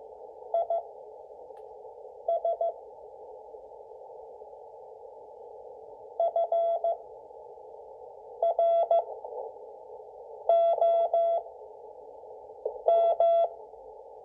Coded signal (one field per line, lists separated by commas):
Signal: Morse code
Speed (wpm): 14 wpm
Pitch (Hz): 670 Hz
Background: none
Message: IS FROM